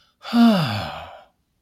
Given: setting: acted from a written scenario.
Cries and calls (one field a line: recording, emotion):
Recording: vocal sound without words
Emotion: relief